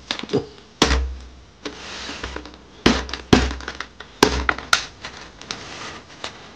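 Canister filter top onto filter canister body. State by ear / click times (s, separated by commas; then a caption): not seated / none. The plastic top (head) of an aquarium canister filter is pressed down onto the canister body, producing repeated loud thunks and taps, the sharpest around 0.8, 4.2, 4.5 and 4.7 seconds. The top has not seated yet; it is sticking and has not clicked into place.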